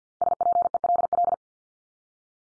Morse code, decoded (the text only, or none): SPELL